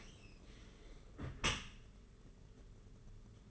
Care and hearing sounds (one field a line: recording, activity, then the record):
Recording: daily activity, microphone in the room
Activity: close dishwasher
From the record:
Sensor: 4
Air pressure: 992.2 hPa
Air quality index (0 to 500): 108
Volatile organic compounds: 17 ppm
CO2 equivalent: 2586 ppm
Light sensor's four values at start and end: 23/78/28/30 and 23/78/28/30